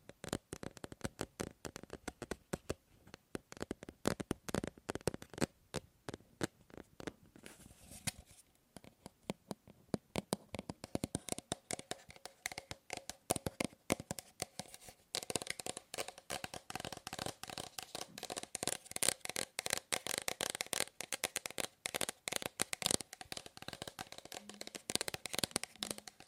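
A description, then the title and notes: Tapping on objects, a dense run of sharp, crisp taps that spans the whole stretch. The pace shifts between quick flurries and slightly sparser patches, with a thinner stretch around eight to ten seconds. Later taps sound brighter and more clicky. ASMR Fast & Slow Tapping on 6 Objects No Talking.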